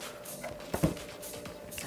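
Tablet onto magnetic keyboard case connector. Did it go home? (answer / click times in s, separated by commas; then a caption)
yes / 1.8 s. An iPad Pro (2024) M4 tablet is lined up with the connectors on the right side of its white keyboard case, which has an aluminum base and a function row, and is set in. Low handling thumps and rustling around 0.7–0.9 s lead to a short, sharp magnetic snap at 1.8 s. The tablet is securely seated on the keyboard case.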